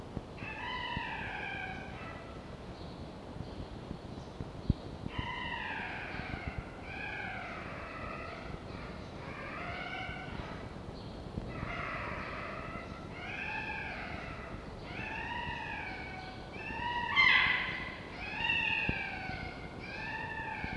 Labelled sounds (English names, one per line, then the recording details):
Red Fox
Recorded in captivity
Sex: male
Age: juvenile
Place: Zoologisches Institut der HUB, Berlin, DE
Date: 1952-05-28 18:00
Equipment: Elmetra
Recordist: Tembrock, Günter